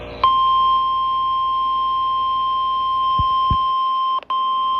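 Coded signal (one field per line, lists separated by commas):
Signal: Emergency Alert System (SAME) tones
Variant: 1050 Hz attention tone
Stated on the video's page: Severe thunderstorm warnings received on NOAA weather radio.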